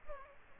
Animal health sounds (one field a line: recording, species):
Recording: mosquito wingbeat signal from an infrared sensor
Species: Aedes aegypti